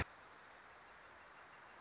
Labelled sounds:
Northern Flicker
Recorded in Sonoma County, California

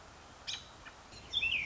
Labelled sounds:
American Robin
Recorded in Sonoma County, California

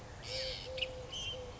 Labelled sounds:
Eurasian Collared Dove
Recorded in Sonoma County, California

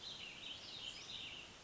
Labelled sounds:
Warbling Vireo
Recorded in Sonoma County, California

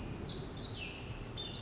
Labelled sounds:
Pacific Wren
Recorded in Sonoma County, California

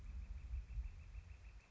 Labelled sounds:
Northern Flicker
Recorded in Sonoma County, California

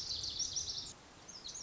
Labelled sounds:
Lazuli Bunting
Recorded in Sonoma County, California

